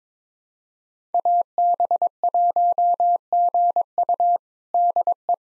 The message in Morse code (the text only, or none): AB1GU DE